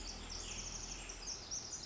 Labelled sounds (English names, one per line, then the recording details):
Pacific Wren
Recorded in Sonoma County, California